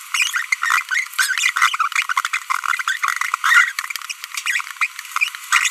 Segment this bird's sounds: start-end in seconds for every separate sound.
0.14-0.30, 0.34-0.41, 0.92-1.01, 1.19-1.38, 1.80-1.87, 2.10-2.12, 2.17-2.20, 2.33-2.37, 2.79-2.81, 2.88-2.96, 3.44-3.71, 4.10-4.12, 4.46-4.61, 4.81-4.86, 5.52-5.68